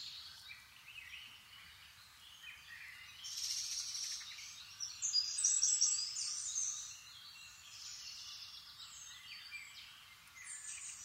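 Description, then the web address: Eurasian wren giving bursts of rapid, high, buzzy trills, loudest around the middle. "SETE Troglodytes troglodytes"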